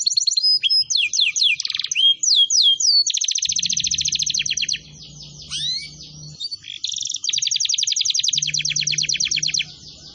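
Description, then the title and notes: Canary song, a fast run of rising and falling whistled notes, then long rapid trills and rolling buzzy phrases, with a low hum underneath at times. Long, intensely active canary song used as a tutor recording for training and for luring wild canaries. "Pikat Kenari GACOR PANJANG INI Cocok Untuk Masteran KENARI LIAR. Masteran burung kenari gacor parah"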